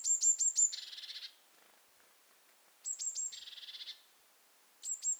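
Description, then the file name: Eurasian blue tit calling, with a quick series of very high, thin notes followed by a dry, buzzing churr, repeated twice, then high notes starting again. "Cyanistes caeruleus"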